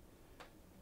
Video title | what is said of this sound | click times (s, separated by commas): Linhof Technika 4x5 Overview - The Large Format Leica | and you want to push it in that's the first click | 0.4 s